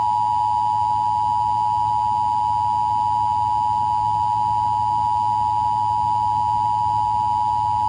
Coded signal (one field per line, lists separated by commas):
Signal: Emergency Alert System (SAME) tones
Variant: 853 and 960 Hz attention tone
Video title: 2011 National EAS Test Explained